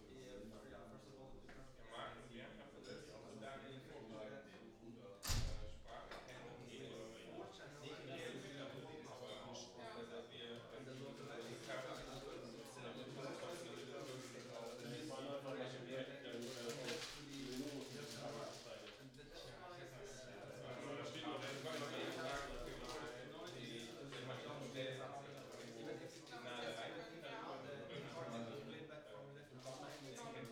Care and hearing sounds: everyday scene through a hearing-aid microphone; many people talking; many voices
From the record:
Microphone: in the ear canal, right

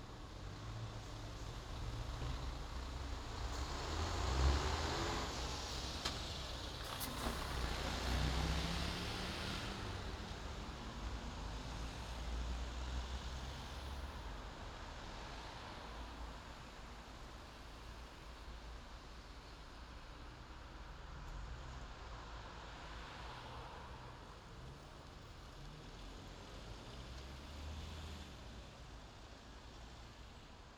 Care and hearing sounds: everyday scene through a hearing-aid microphone; in traffic; traffic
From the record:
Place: main city hub, rush hour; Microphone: in the ear canal, left

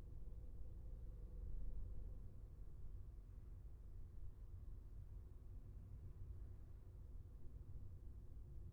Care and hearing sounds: everyday scene through a hearing-aid microphone; in a vehicle; engine, traffic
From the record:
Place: Skoda Fabia, gasoline engine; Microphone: behind the ear, left, front

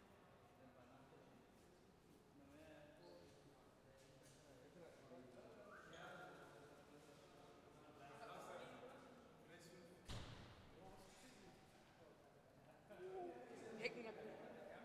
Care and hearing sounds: everyday scene through a hearing-aid microphone; reverberant space; background noise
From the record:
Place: railway station hall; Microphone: behind the ear, left, front

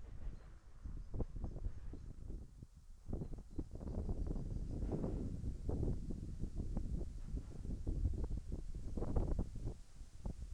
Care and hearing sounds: everyday scene through a hearing-aid microphone; wind on the microphone; wind, traffic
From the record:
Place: in front of a rural house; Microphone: behind the ear, left, front

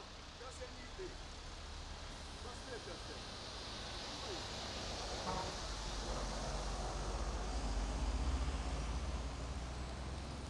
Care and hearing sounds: everyday scene through a hearing-aid microphone; in traffic; traffic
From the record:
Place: main road on the outskirts, rush hour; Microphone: in the ear canal, right

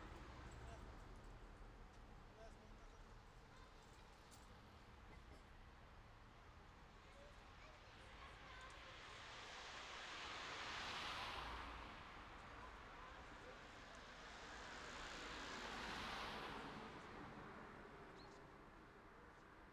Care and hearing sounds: everyday scene through a hearing-aid microphone; in traffic; traffic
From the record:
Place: city secondary road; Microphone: in the ear canal, left

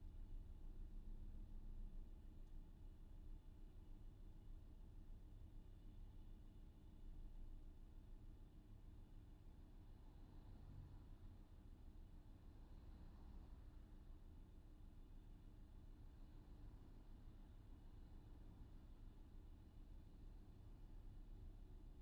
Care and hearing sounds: everyday scene through a hearing-aid microphone; in a vehicle; engine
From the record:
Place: VW T5 Caravelle, diesel engine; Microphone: in the ear canal, left

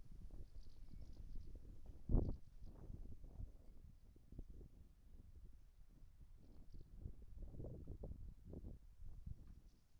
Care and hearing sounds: everyday scene through a hearing-aid microphone; wind on the microphone; wind, whistling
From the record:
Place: in front of a rural house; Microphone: behind the ear, right, rear

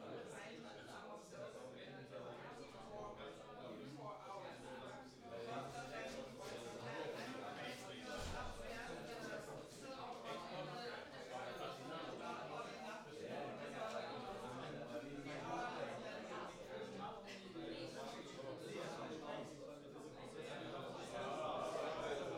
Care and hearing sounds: everyday scene through a hearing-aid microphone; many people talking; many voices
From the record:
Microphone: in the ear canal, right

